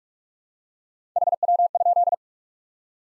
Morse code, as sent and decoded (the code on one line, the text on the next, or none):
.... .-- ..--..
HW?